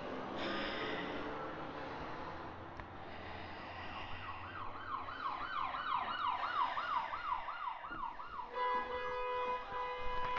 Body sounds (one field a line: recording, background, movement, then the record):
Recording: deep breathing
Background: traffic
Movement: walking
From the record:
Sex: female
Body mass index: 25.5 kg/m2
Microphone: on the chest, facing outward